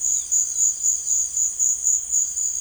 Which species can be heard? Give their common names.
Chestnut-bellied Seed Finch